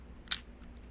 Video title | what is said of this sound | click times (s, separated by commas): Knife Review: Schrade SCOTF6 | a locks in place that when it goes there see it won't close but | 0.3 s